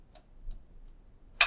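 A memory module is pressed evenly into a motherboard DIMM slot until the plastic retention clips on each end snap closed. Two faint ticks at 0.2 s and 0.5 s precede a sharp, loud click at 1.4 s. The latches click shut and the memory is seated and secured.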